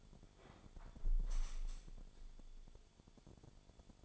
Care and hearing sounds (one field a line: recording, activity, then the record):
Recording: daily activity, microphone in the room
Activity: close window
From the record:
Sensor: 5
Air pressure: 1015.0 hPa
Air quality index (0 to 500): 100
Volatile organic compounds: 2 ppm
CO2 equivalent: 1078 ppm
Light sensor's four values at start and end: 35/81/32/31 and 35/81/32/31